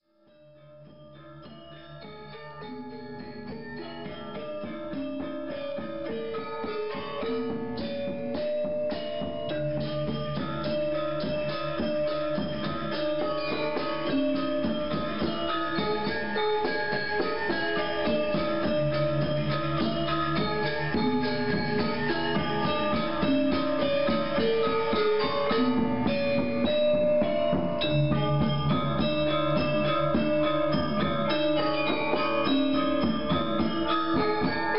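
A gamelan orchestra practices, its metal gongs and keyed instruments ringing in dense, overlapping patterns. The playing swells from a quiet start over the first fifteen seconds, then holds at a steady full volume, with low gong strokes sounding beneath bright, rapid figures.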